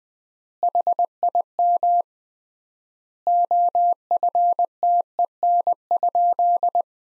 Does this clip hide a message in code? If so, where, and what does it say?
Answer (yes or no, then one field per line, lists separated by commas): yes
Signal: Morse code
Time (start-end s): 0.6-6.8 s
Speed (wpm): 20 wpm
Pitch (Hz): 700 Hz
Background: none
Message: HIM OFTEN?